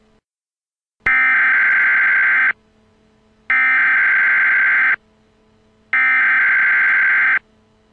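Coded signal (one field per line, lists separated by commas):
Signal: Emergency Alert System (SAME) tones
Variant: header bursts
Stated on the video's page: Joke meme EAS alert, not real.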